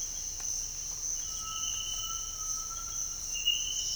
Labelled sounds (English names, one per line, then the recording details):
Cinereous Tinamou
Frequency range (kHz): Cinereous Tinamou 0.8-1.8 kHz
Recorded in dense forest near Puerto Asís, Putumayo, Colombia, on 4 March 2025 at 07:00
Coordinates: 0.484, -76.325
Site G045